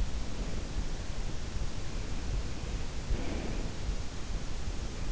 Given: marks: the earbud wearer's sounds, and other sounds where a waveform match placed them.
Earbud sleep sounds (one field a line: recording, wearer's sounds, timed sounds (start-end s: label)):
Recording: sounds in sleep by an in-ear microphone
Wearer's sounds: breath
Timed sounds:
2.70-4.19 s: breath